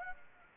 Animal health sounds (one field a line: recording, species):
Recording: mosquito wingbeat signal from an infrared sensor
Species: Anopheles arabiensis